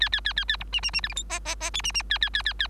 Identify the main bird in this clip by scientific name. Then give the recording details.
Lonchura striata domestica. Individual Bird3